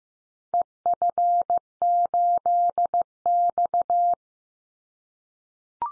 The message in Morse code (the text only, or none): EF8X